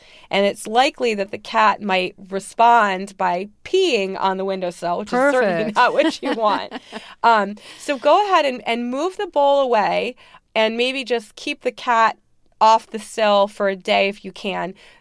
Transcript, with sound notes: And it's likely that the cat might respond by peeing on the windowsill, which is certainly not what you want.
Perfect.
(LAUGHTER)
So go ahead and move the bowl away and maybe just keep the cat off the sill for a day if you can.